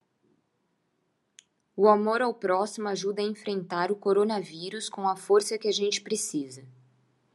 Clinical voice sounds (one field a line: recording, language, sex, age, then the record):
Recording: spoken sentence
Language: Brazilian Portuguese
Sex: female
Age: 30 to 39 years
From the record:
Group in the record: control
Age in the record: 30 years